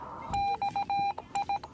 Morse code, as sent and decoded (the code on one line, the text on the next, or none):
-..- ..
XI